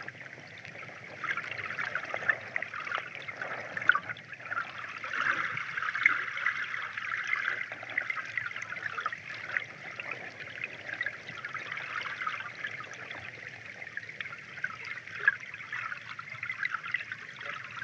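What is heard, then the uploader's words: An underwater recording from the Boardman River, a steady, dense rushing and fizzing of moving water centered in the middle range, with little low rumble. Small ticks and bubbly pops dot the flow throughout, and the level stays even for the whole stretch. Hydrophone Recording of the Boardman River. Recorded just a stone’s throw from the Scheck’s Place Trail Camp with the Zoom F6 Field Recorder and the Aquarian H2A Hydrophone, this episode is a nice look at what lies beneath the river in late winter/early spring.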